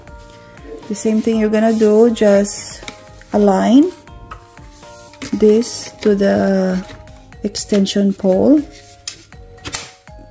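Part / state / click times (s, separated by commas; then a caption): handheld vacuum body into extension pole / seated / 9.1 s. A Tower VL30 Plus handheld vacuum body is lined up with and pushed onto its plastic extension pole while someone talks. A sharp click at 9.1 s marks the pole seating into place.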